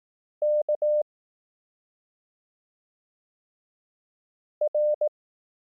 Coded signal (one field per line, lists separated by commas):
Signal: Morse code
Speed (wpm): 18 wpm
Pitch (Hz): 600 Hz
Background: none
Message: K R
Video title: Learn Morse Code — Lessons 1-3 (Koch Method, 18 wpm)